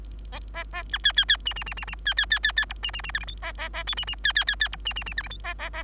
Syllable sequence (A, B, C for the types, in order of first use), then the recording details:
A A A B C C C D D D D D C C C C C E D D D F G H A A A I D D C C C C E D D D F G H A A A. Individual Bird3